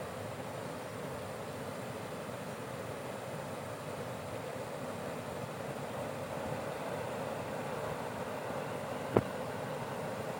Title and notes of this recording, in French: Déversoir à Sancergues. Déversoir sur la petite rivière de la Vauvise.